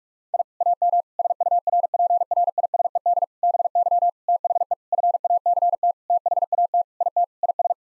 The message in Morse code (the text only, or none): I AM SURPRISED BY THE FACT THAT IT IS